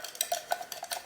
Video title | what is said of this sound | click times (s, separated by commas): WW1 32nd Balloon Company Canteen | fold out and then lock into place like so. | 0.2 s